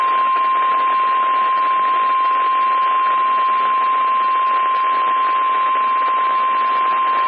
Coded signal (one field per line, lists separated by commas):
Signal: Emergency Alert System (SAME) tones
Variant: 1050 Hz attention tone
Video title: Required Weekly Test On WXL68 7/13/22 (EAS #1389)